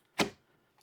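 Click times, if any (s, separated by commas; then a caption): 0.2 s. A battery-powered motion-sensor closet light body is lined up on its adhesive-mounted wall base and twisted until it locks. A sharp click at 0.2 s marks it locking back in place, with a faint tick near 0.8 s. The light is seated on its mount.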